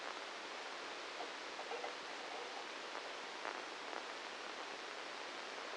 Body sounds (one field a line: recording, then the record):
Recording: brain microelectrode recording played as sound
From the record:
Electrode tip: inside the subthalamic nucleus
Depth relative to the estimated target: -3 mm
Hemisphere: left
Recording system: NeuroSet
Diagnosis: Parkinson's disease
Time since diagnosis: 7 years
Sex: male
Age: 44 years